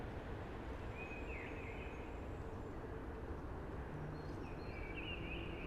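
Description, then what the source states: Eurasian blackbird giving two mellow whistled phrases separated by a short pause, against a steady breathy hush. Sings early, amongst hushing conifers.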